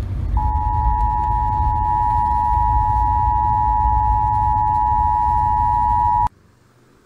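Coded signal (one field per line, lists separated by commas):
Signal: Emergency Alert System (SAME) tones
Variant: 853 and 960 Hz attention tone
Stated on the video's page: Weekly tests on NOAA Weather Radio.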